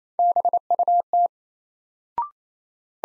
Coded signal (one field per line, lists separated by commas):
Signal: Morse code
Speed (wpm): 28 wpm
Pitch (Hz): 700 Hz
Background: none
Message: BUT